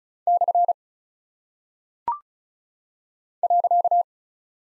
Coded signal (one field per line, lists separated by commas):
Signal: Morse code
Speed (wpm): 36 wpm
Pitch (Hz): 700 Hz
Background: none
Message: / .